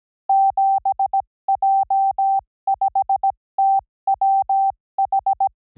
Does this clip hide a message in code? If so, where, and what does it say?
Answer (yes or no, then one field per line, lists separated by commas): yes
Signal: Morse code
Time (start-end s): 0.3-5.5 s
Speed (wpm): 17 wpm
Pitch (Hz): 780 Hz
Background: none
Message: 7J5TWH